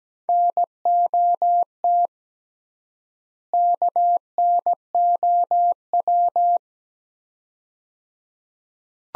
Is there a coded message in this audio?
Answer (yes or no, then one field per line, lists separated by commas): yes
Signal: Morse code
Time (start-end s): 0.3-6.6 s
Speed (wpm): 17 wpm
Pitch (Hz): 700 Hz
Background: none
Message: NOT KNOW